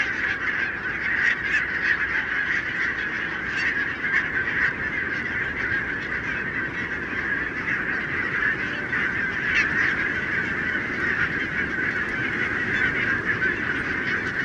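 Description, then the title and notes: Barnacle goose flock, many barking calls blending into a constant loud clamour. Flock of 20,000 on wintering grounds, Renesse, Netherlands, 12 January 2009, winter; recorded with Nagra LB and Telinga P7. "Renesse - Pays-bas. 20 000 Bernache nonnette ( Branta leucopsis) en Hollande"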